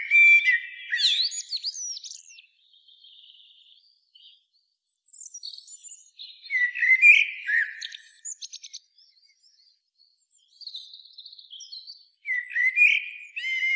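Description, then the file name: Common blackbird singing: three separate phrases, each a mellow warbled opening followed by high, thin squeaky twitters, with short pauses between. "Turdus merula"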